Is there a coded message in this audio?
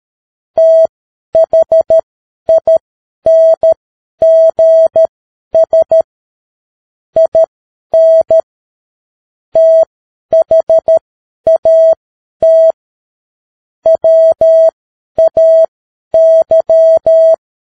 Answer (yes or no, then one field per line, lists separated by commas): yes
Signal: Morse code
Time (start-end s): 0.6-17.3 s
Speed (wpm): 13 wpm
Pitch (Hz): 650 Hz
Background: none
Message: THINGS IN THAT WAY